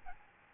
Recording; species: mosquito wingbeat signal from an infrared sensor; Aedes albopictus